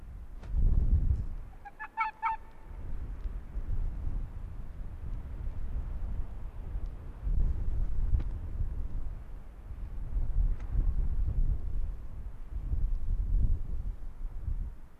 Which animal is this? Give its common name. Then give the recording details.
Arctic Fox. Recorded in the wild. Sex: male. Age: adult. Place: Insel Mednyi, Kommandeur-Inseln, RU. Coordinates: 54.5167, 168.083. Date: 1999-07-20 19:21. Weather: 10°C, heiter, starker Nordwind. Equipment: Sony WM-D6C, Sennheiser ME 80, K 30 AV, Windkorb, Kopie Tascam DA 30. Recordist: Jakupi, Antje